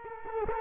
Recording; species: mosquito wingbeat signal from an infrared sensor; Culex quinquefasciatus